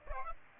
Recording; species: mosquito wingbeat signal from an infrared sensor; Aedes aegypti